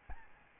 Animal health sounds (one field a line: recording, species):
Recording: mosquito wingbeat signal from an infrared sensor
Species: Aedes albopictus